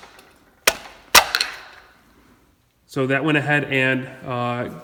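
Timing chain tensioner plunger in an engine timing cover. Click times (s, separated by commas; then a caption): 0.7 s. A flat blade screwdriver set on the tensioner guide of a 1ZZ-FE 1.8L Toyota Matrix, Corolla or Pontiac Vibe engine is tapped with the palm to release the pin holding the metal hydraulic timing chain tensioner plunger in the timing cover. Sharp metallic hits sound at 0.7 s and again around 1.2 and 1.4 s, then someone talks. The plunger pops free at 0.7 s and springs out against the chain.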